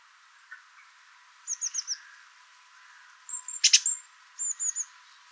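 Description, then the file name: Great tit calls: short bursts of thin high notes in quick succession, with a sharp click in the middle. "Parus major"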